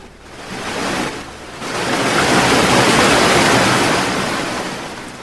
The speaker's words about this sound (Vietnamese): Tuy đã trải qua mấy lần xối xả như thế, nhưng trước khi con nước khổng lồ đổ ập đến, mọi người vẫn quấn chặt dây an toàn vào cổ tay rồi nhắm chặt mắt, cúi thấp đầu theo thói quen như đang đợi chờ tử thần tuyên án.